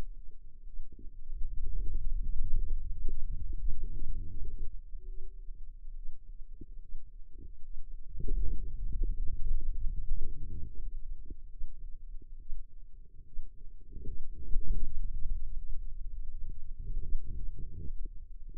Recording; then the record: forearm muscle sounds (acoustic myography)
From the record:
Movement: hand opening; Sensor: system 2, bracelet of six BSWA MPA416 microphones around the upper forearm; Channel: 5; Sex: female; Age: 25 years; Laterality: right